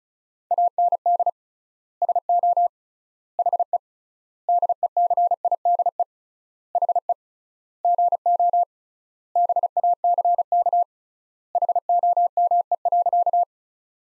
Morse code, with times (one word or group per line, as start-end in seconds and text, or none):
0.5-1.3 AND
2.0-2.7 SO
3.4-3.8 HE
4.5-6.0 DECIDE
6.8-7.1 HE
7.8-8.6 GO
9.4-10.8 BACK
11.5-13.4 HOME.